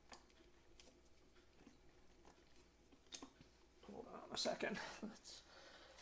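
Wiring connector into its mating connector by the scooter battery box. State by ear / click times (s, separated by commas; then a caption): not seated / none. Someone talks while trying to slide a plastic wiring connector into its mating socket by the battery box of a Yamaha Vino 50cc scooter, with faint ticks and scrapes near 0.1, 0.8 and 3.2 seconds, then louder rubbing and fumbling from about 3.8 to 5.2 seconds. Nothing has clicked or seated yet; the connector fails to lock because of a bent tab.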